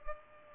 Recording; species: mosquito wingbeat signal from an infrared sensor; Culex pipiens